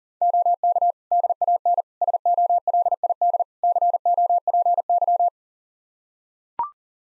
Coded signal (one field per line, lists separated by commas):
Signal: Morse code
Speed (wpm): 40 wpm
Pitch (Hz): 700 Hz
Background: none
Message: OK DAN SOLID COPY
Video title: Practice QSO - Exchange 3- More Info - 40wpm